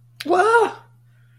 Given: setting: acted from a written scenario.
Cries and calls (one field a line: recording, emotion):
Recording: vocal sound without words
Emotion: fear